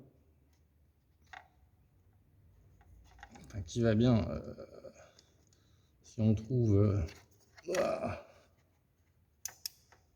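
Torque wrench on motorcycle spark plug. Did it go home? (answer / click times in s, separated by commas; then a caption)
yes / 9.5 s, 9.7 s. A torque wrench tightens a spark plug on a V-Strom 650 motorcycle while someone talks, with a few faint taps and small clicks along the way. Two sharp, loud clicks come at 9.5 and 9.7 seconds as the wrench reaches its torque setting, confirming the plug is tightened correctly.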